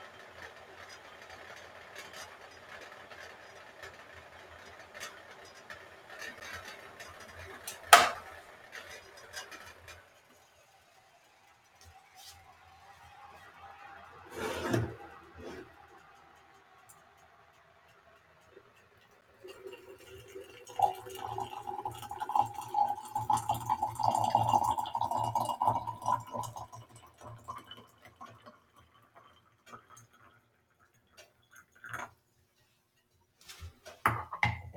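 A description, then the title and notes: Someone makes an Americano with a Moka pot. A low hiss and clatter fill the opening seconds, broken by a sharp clack near eight seconds and a metallic knock around fifteen. From about twenty to twenty-seven seconds a rising gurgling hiss swells, followed by scattered clicks. Mike is fighting a head cold and has decided to make himself an Americano using his Moka pot.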